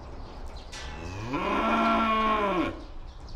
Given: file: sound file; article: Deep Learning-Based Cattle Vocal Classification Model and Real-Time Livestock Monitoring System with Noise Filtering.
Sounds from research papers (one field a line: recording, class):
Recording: cattle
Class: estrus call